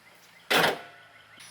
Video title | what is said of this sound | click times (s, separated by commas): Raising Kids to Know Better | we go did you hear it latch click | 0.5 s